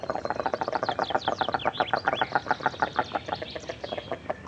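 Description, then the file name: Goosander uttering a dense series of coarse, pulsing notes at a steady quick pace, with faint high songbird chirps in the background. Recorded close to the bird. "Digiffects Sound Effects Library - Close Goosander Bird Version 2"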